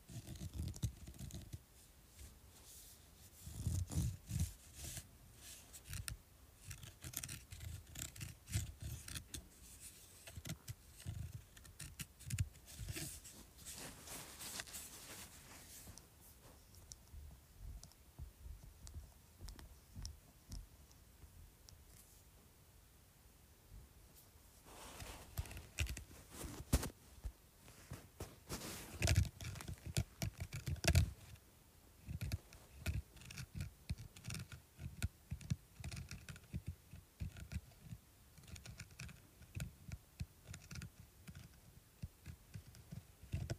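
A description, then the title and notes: Scratching across a bumpy surface, made of dense bursts of short, clicky strokes that come in uneven clusters. A bright, hissy stretch runs from about 12 to 15 seconds. The sound eases into sparse, quieter scrapes from 16 to 24 seconds, then builds back into busy scratching to the end. Scratching Bumpy Surface.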